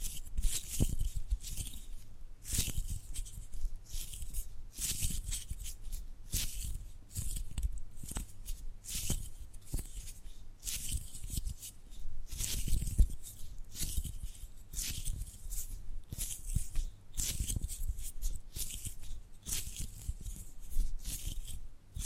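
Tapping and gripping sounds repeat throughout, a dense run of short crisp hits and scratchy rubs with bright hissy edges and some low thuds. Bursts come every second or so, uneven in rhythm and strength, with brief quieter gaps between.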